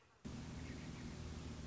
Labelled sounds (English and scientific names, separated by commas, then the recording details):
Red-shouldered Hawk (Buteo lineatus)
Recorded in Sonoma County, California